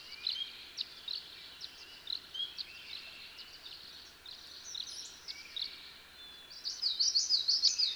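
Tree swallow calls: faint, thin chirps scattered over a hissy background, building to a louder, quick gurgling twitter at the end.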